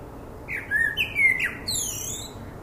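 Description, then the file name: Common blackbird giving a single phrase: a few mellow fluted notes followed by a high, thin, downward-sliding ending. "Turdus merula"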